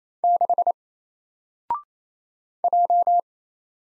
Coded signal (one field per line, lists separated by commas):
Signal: Morse code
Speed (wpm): 27 wpm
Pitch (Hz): 700 Hz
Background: none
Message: 6 J